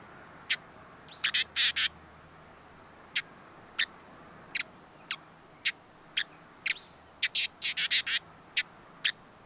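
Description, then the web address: Hooded visorbearer: scattered sharp high chips mixed with short stuttering bursts, with a faint thin slurred note twice, against a quiet background. "sound Hooded-visorbearer دانلود-صدای-پرنده-آفتابگیر-کلاهدار"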